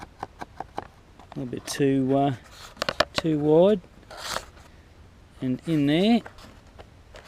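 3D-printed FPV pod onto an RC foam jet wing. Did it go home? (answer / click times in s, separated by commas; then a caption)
no / none. A 3D-printed PLA FPV camera pod is handled at the nose of an RC foam jet wing, with short sharp taps and light scraping sounds around 0.2, 0.6 and 0.8 seconds while someone talks. Nothing has seated or clicked into place yet.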